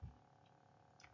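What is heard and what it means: A hydraulic hose quick coupling is pushed onto a hydraulic fitting with its inlet held vertical, as part of a practical-exam setup. A low thump opens the clip over a steady hum, then two faint, close clicks sound at 1.0 and 1.04 seconds. The coupling seats.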